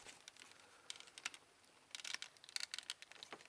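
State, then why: Not seated. A windshield panel on a double hinge is folded down toward the chest of a plastic transforming robot action figure. Light plastic clicks, taps and rattles of handling are heard, with a few sharper ticks. The panel has not snapped into place yet; nothing has seated or clicked home.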